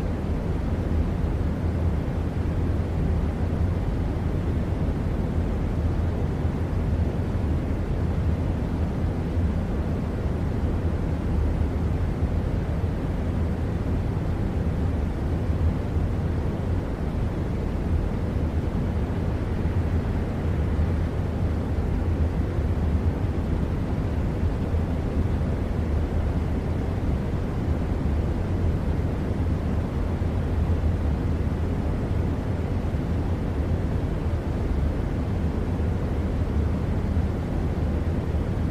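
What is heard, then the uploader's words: An air conditioner fan runs with a steady, unchanging whoosh of air for the whole stretch. The sound is dense and mostly low, with a firm hum underneath and softer hiss above. Nothing else interrupts it. White Noise AC Fan Sounds.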